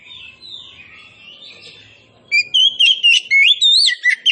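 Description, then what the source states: Oriental magpie-robin song: a faint, scratchy passage, then loud, rapid whistled notes jumping between high and low pitches for the last two seconds. Indonesian name kacer poci; described as gacor, singing vigorously.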